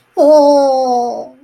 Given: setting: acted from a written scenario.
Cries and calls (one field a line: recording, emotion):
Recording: vocal sound without words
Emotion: fear